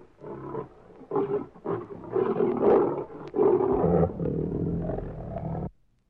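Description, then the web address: Lion roaring in several rough, throaty bursts that merge into a long drawn-out roar before stopping abruptly. "лев"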